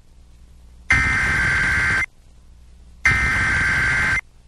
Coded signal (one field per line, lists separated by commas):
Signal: Emergency Alert System (SAME) tones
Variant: header bursts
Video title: EAS #705-708: 1 NWR and 3 EAS Required Monthly Tests- Oct. 20, 2022- 10:19AM PDT